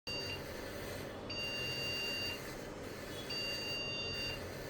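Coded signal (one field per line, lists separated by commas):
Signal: beep code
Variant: PC POST beep code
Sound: steady high beeps about one second long, repeating with one-second pauses, over hum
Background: fan noise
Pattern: repeating long beeps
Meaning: Continuous repeating beeps indicate a RAM problem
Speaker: आपके कंप्यूटर में भी अगर इस तरह का साउंड आ रहा है तो और यहां पर डिस्प्ले नहीं आ रही है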